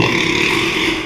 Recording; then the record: squeal of a Yucatan mini pig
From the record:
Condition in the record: after surgery on the right vocal fold (resection and tissue-engineered implant); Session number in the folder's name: 1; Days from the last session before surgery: 6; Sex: male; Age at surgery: 12 weeks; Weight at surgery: 13 kg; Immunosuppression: cyclosporine, prednisolone